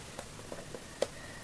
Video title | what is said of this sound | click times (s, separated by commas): My first dslr camera - #nikond3500 - #reupload - #first - @klicks_ | and then we will rotate it away from it and we will hear the click so we are set | 1.0 s